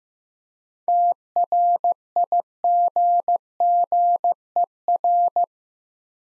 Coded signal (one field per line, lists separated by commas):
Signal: Morse code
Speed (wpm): 15 wpm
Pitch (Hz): 700 Hz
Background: none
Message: TRIGGER